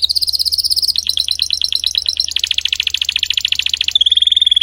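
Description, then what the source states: Canary (Spanish Timbrado): canary song of quick high rolling notes turning into chopped descending trills and a dense buzzy roll, ending on a smooth low tour. Domestic canary singing, described as Belgian Spanish Timbrado.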